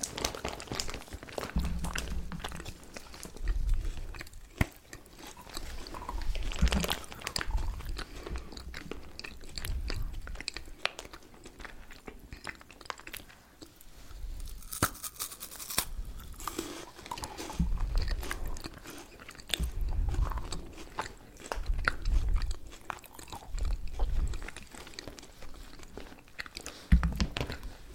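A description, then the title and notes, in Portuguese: Someone eats candy and chocolate with lots of mouth sounds, chewing and biting throughout. Crunches and wet smacks come in quick irregular bursts, with deeper thumps of chewing every second or two and sharper bright crackles around the middle and end. ASMR comendo doces, chocolates e balas, com muitos sons de boca e mastigação. CANDY EATING SOUNDS.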